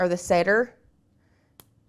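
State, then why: Seated. Two halves of a snap rivet are pressed together by finger through the material of a craft item, without an anvil or setter. Someone talks at first, then after a quiet stretch a single sharp click at 1.6 s marks the rivet snapping closed and seated.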